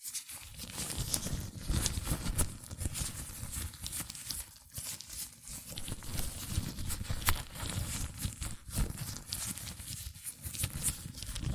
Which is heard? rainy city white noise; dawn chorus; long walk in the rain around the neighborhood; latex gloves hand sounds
latex gloves hand sounds